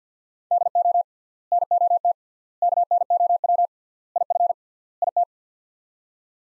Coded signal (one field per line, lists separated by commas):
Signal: Morse code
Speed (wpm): 50 wpm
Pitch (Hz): 700 Hz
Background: none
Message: DO NOT KNOW IF IT